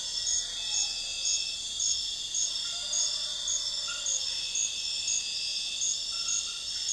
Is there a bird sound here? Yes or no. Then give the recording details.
no. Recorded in secondary vegetation near Puerto Asís, Putumayo, Colombia, on 4 March 2025 at 03:00. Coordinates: 0.498, -76.327. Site G001